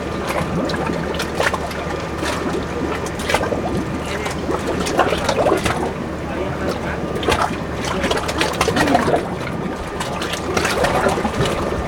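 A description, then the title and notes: Small waves lap steadily at the dock, with frequent splashes and trickles over a low rumble and a faint steady tone throughout. Small Pleasant Waves at the Dock.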